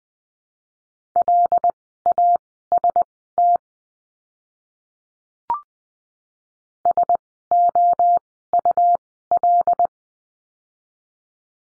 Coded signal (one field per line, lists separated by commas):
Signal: Morse code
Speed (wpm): 20 wpm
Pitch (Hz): 700 Hz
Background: none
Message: LAST SOUL